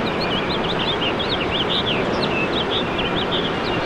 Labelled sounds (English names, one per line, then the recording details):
House Finch song
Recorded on Long Island, New York, on 21 March 2012
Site FL
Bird D